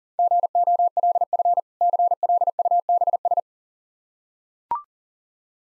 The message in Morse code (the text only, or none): GOLF CLUBS